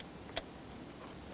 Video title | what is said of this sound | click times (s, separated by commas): How to Replace Intake VVT Solenoid 2007-2017 Jeep Patriot 2.4L L4 | Hear that little click? | 0.4 s